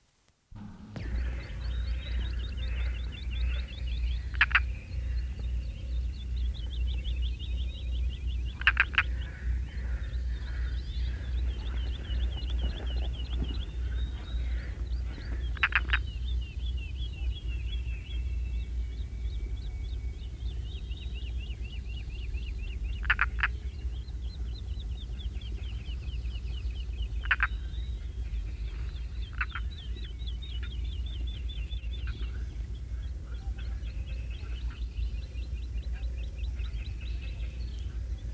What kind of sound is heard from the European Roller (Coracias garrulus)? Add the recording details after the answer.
call. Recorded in the wild. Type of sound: call. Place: Melnik, Blagoewgrad, BG. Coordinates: 41.525, 23.392. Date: 1974-05-23. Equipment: Nagra III BH, Sennheiser MD 21, parabola. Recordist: Schubert, Michael. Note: Blauracke 2- u. 3-silbige Rufe